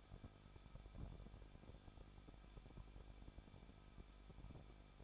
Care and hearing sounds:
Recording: daily activity, microphone in the room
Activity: no activity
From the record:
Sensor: 5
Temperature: 20.9 degrees Celsius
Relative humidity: 38.2%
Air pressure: 1006.4 hPa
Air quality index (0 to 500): 187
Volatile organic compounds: 18 ppm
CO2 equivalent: 2626 ppm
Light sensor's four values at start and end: 2/3/1/1 and 2/3/1/1

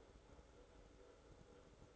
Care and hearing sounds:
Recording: daily activity, microphone in the room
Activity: make coffee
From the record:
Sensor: 3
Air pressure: 1007.3 hPa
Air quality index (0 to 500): 54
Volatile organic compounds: 1 ppm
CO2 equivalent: 592 ppm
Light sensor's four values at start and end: 8/17/7/7 and 8/17/7/7

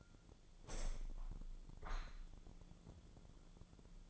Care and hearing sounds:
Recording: daily activity, microphone in the room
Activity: open window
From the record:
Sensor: 5

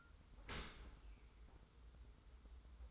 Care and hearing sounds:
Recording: daily activity, microphone in the room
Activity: open dishwasher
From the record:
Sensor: 3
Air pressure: 990.4 hPa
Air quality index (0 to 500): 195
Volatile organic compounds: 1000 ppm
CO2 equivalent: 6393 ppm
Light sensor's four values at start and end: 39/92/38/35 and 39/92/37/35

